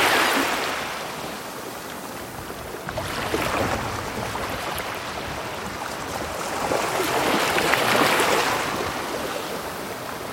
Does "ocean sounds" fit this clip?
yes